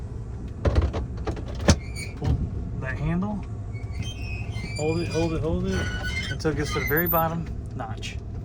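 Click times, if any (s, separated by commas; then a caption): none. Someone talks while pulling the handle to lower the upper berth bed of an Amtrak Superliner sleeper roomette toward its lowest notch, with its latch meant to catch in the wall notch. Brief sharp knocks are heard around 0.7 s and 1.2–1.3 s under the talking. Nothing has seated or clicked into the bottom notch yet.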